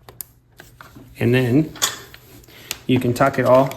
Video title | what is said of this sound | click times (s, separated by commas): Bobber Build Series - Part 3 - License Plate | connect it to your stock Factory license plate wire listen for the satisfactory click | 0.2 s